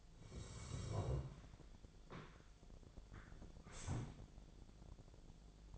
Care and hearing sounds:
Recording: daily activity, microphone in the room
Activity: sit down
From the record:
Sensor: 5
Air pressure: 1000.5 hPa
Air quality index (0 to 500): 150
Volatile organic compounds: 2 ppm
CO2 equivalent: 1158 ppm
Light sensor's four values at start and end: 48/113/47/50 and 48/113/47/50

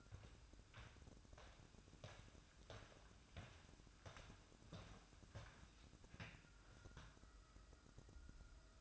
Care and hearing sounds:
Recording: daily activity, microphone in the room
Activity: walk to room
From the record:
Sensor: 2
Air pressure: 1008.1 hPa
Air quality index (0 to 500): 117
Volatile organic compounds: 1 ppm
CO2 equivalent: 866 ppm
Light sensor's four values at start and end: 8/18/7/7 and 7/17/7/7

